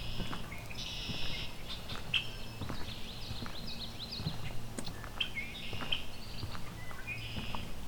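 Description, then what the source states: Red-winged Blackbird with scratchy buzzes and sharp chip notes, among clicking knocks. Unhappy bird flying around the recordist's head on a boardwalk through a marsh full of red-winged blackbirds.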